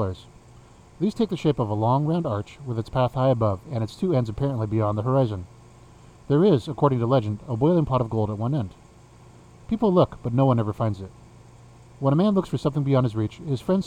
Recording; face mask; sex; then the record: reading aloud; surgical mask; male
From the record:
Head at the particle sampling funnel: facing it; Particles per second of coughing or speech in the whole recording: 0.235